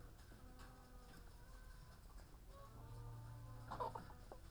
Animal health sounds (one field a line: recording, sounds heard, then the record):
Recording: poultry house recording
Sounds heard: sick chickens (respiratory disease)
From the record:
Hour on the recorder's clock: 15